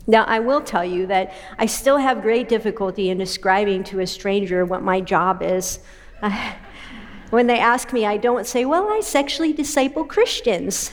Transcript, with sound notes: I will tell you that I still have great difficulty in describing to a stranger what my job is. (laughter) When they ask me, I don’t say, “Well, I sexually disciple Christians.”